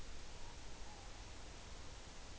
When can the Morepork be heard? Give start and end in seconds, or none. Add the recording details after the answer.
0.31-1.05. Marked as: faintness 4/5. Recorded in New Zealand on 11 September 2013. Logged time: 02:19. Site Ponui